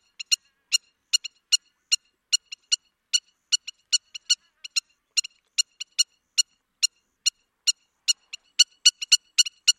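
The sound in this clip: Bird calling with short, dry ticking chips, often in pairs, repeated irregularly and growing denser toward the end, in otherwise silent surroundings.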